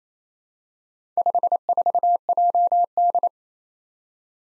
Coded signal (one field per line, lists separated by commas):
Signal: Morse code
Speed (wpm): 28 wpm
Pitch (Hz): 700 Hz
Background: none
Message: 54JD